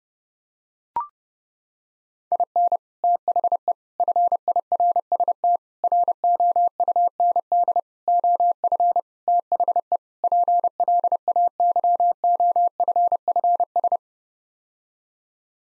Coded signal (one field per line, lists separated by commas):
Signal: Morse code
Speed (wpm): 31 wpm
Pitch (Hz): 700 Hz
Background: none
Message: IN THE FIRST ROUND OF THE PLAYOFFS